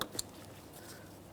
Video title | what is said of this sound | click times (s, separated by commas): How to Replace Ignition Coils 2012-2018 Nissan Maxima 3.5L V6 | After an audible click, a light tug confirming it's properly secured. | 0.0 s